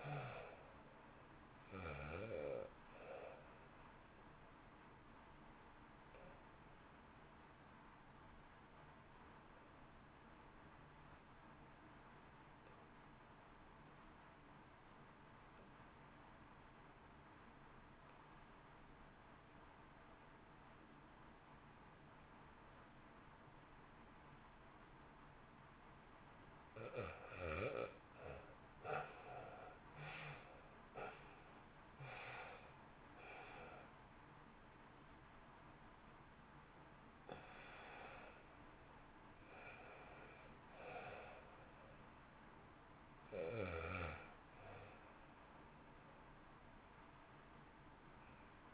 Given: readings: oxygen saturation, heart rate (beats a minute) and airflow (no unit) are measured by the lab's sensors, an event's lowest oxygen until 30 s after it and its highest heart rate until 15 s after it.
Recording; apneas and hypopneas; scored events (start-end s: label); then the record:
breathing in sleep by a voice recorder at the bedside; 1
6.00-26.70 s: obstructive apnea (REM, oxygen 86% highest, then 67% lowest, heart rate 58 at the start, 76 highest)
From the record:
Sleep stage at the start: REM sleep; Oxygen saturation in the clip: 67 to 93%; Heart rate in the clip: 51 to 76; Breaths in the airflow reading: 10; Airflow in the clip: -1.2 to 0.9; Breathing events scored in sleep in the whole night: 328 in 6.3 hours asleep